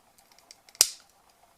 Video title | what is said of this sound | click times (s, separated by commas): Clip-in Frogs | Isn't that a satisfying click? | 0.8 s